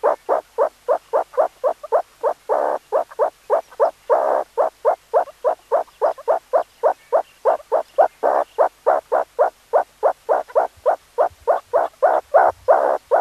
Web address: meerkat